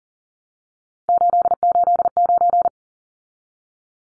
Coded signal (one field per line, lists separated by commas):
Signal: Morse code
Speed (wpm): 40 wpm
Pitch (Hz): 700 Hz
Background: none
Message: 889